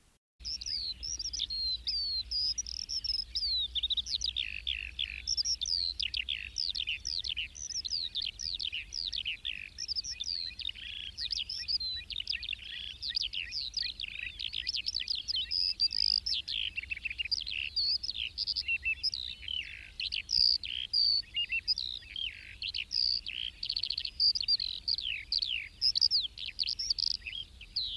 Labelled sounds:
Eurasian Skylark (Alauda arvensis) song
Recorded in captivity
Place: Istria, Dobrogea, RO
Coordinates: 44.57, 28.712
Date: 1976-06-03
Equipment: Nagra III BH, Sennheiser MD 21, parabola
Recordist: Schubert, Michael

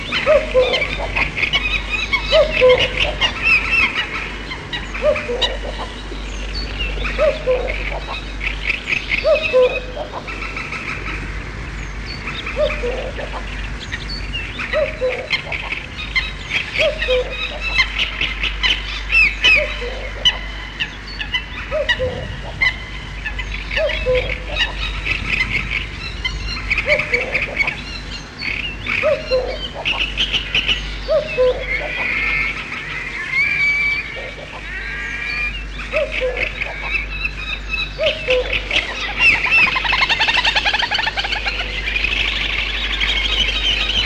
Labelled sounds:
Great Reed Warbler (Acrocephalus arundinaceus) song
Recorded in the wild
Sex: male
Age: adult
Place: Petershain, Niederlausitz, Sachsen, DE
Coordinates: 51.3167, 14.7514
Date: 1963-06-10
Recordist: Meyer, Hugo

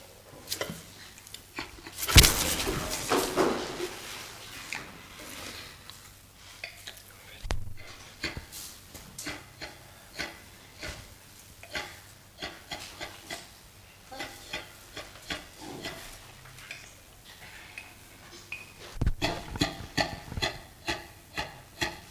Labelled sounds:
Western Gorilla (Gorilla gorilla) call
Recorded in captivity
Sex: female
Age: adult
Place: Zoo Rostock, Mecklenburg-Vorpommern, DE
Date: 1984-02-03 10:39
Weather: overcast, 3-6°C
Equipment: Nagra SN, Kopie Uher 4000 Report Monitor
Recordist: Tembrock, Günter
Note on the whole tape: Weibchen: rhythmische Laute "Lachen" bei Körperkontakt mit vertrauter Person

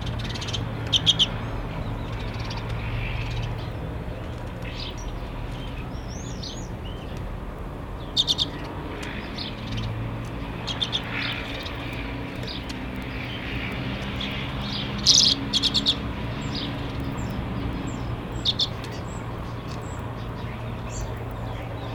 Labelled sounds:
Common Redpoll (Carduelis flammea) song
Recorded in captivity
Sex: male
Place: Bergen, Insel Rügen, Mecklenburg-Vorpommern, DE
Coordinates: 54.415, 13.426
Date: 1976-04-03
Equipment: Nagra III BH, Sennheiser MD 21
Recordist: Schubert, Michael

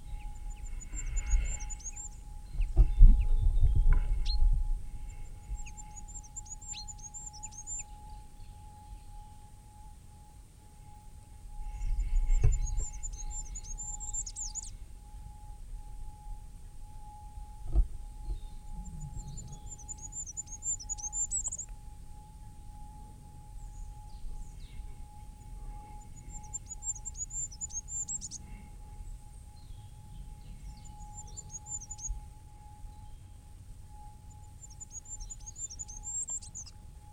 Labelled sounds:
Goldcrest (Regulus regulus) song
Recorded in the wild
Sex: male
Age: adult
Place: Freiburg, Baden-Württemberg, DE
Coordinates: 47.9842, 7.87667
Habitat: park
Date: 1960-03-24
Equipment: Vollspur
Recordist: Thielcke, Gerhard

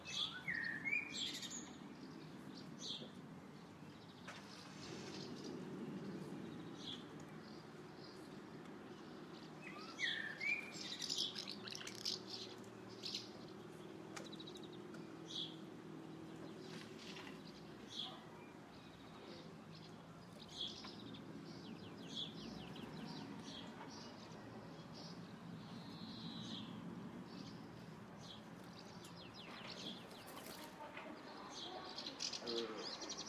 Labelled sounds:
Common House Martin (Delichon urbicum) call
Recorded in the wild
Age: adult
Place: Zepernick, Brandenburg, DE
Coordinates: 52.6497, 13.5436
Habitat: urban
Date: 2009-06-21 13:30
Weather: fair, ca. 20 °C, no wind
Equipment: Sound Devices 702, Rode NT1A
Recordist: Frommolt, Karl-Heinz

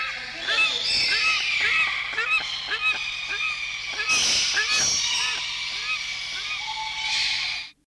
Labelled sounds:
Grey-winged Trumpeter (Psophia crepitans) call
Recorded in captivity
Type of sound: call
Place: Artis Zoo, NL
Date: 1973-09-01
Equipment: Halbspur, 9,5 cm/s
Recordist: Lütgens, Hans
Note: Zoo Amsterdam

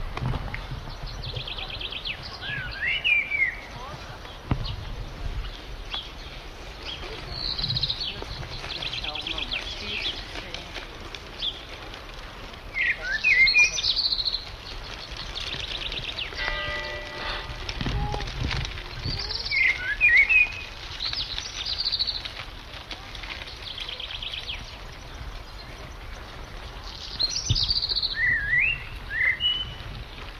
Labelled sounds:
Black Redstart (Phoenicurus ochruros) song
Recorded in the wild
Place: Wachau, AT
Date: 1989-06-16 15:22
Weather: 14°C
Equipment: Sony WM-D6C, Kopie Tesla B 116
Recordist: Tembrock, Günter

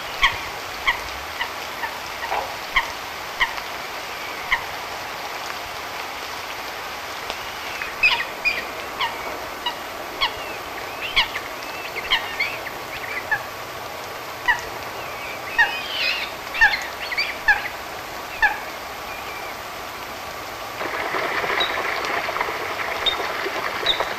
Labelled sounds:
Eurasian Coot (Fulica atra) call
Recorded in the wild
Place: Krombachtalsperre, DE
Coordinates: 50.6217, 8.12722
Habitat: Wetland
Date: 1963-08-23
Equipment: Uher Report 4000, AKG D190
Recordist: Krey, Winfried

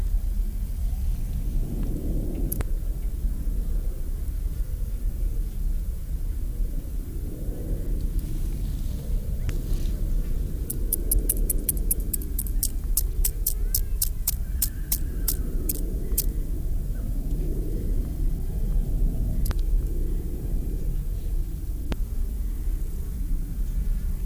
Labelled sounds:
Upland Field Grasshopper (Chorthippus apricarius)
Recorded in the wild
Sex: male
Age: imago
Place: Lübars, Berlin, DE
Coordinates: 52.6167, 13.35
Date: 1998-09-20 12:21
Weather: heiter, 20°C
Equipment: Marantz CP 430, Sennheiser ME 80, Kopie Uher 4000 Report Monitor
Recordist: Tembrock, Günter

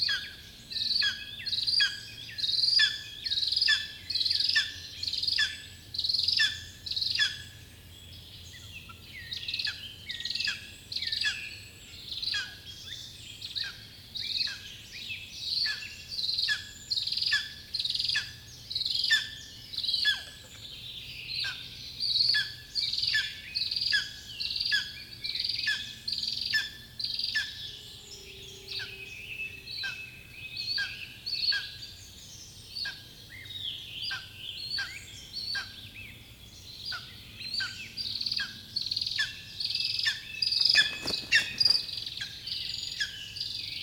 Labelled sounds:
Lesser Spotted Eagle (Aquila pomarina) call
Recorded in the wild
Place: Klein-Mützkow, Mecklenburg-Vorpommern, DE
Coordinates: 54.309, 13.077
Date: 1975-05-18 08:00
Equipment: Nagra III BH, Sennheiser MD 21
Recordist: Schubert, Michael

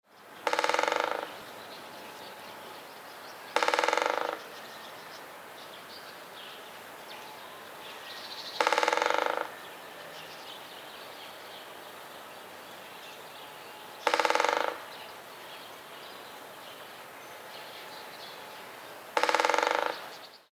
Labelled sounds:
Great Spotted Woodpecker (Dendrocopos major)
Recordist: Tembrock, Günter
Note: Trommeln

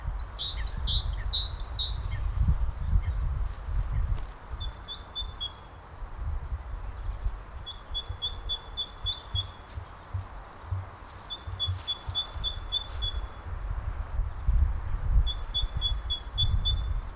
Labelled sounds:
Great Tit (Parus major)
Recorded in the wild
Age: adult
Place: Karower Teiche, Naturpark Barnim, Berlin, DE
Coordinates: 52.6222, 13.4597
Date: 2003-03-15 14:59
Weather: sunny, 7°C
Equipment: Nagra SN, Kopie Uher 4000 Report Monitor
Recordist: Tembrock, Günter

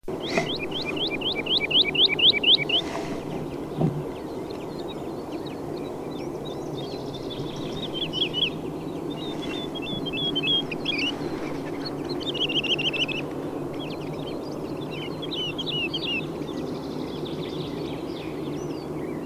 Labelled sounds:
Wood Lark (Lullula arborea)
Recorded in the wild
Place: Schönow, Naturpark Barnim, Brandenburg, DE
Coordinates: 52.6842, 13.5283
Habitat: heath
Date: 2005-04-01
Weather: clear, -3°C, weak wind from SE
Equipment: Tascam DA-P1, Telinga Pro 5
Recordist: Frommolt, Karl-Heinz

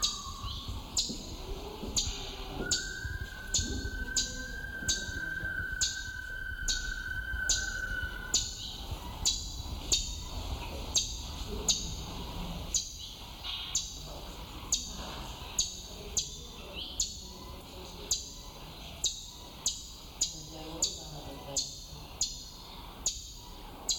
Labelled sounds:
Southern Red Bishop (Euplectes orix) call
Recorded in captivity
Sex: male
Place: Zoo Berlin, Berlin, DE
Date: 1996-01-06 15:00
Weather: bedeckt, -4°C
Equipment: Sony WM-D6C, Sennheiser ME 80, Kopie Uher 4000 Report Monitor
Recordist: Tembrock, Günter
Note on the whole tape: Männchen: Kurzlaute, Entfernung ca. 3 m

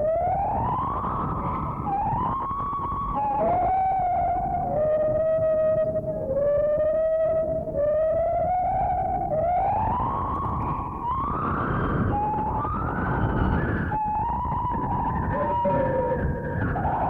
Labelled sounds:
Lar Gibbon (Hylobates lar)
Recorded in captivity
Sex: pair
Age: adult
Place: Zoo Berlin, Berlin, DE
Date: 1960-10-08 12:00
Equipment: Minifon, Kopie Smaragd
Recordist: Tembrock, Günter

